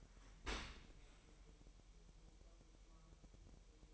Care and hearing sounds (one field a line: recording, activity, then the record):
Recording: daily activity, microphone in the room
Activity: open dishwasher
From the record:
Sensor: 1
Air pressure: 1000.7 hPa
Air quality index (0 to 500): 248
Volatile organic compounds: 144 ppm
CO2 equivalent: 3996 ppm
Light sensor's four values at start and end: 11/28/11/12 and 11/28/11/12